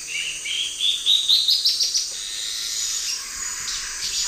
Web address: Natures Songs S America Eastern Lowlands. Thamnomanes ardesiacus, song